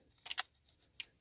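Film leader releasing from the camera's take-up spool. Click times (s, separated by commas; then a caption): 1.0 s. A 35mm film roll is rewound by hand on a Canon AE-1 film camera, giving a few soft ticks and a pair of louder clicks near 0.3 and 0.4 seconds. At 1.0 seconds, at the end of the roll, the film leader comes free of the take-up spool with a sharp click. The rewind crank then goes slack as the film is released.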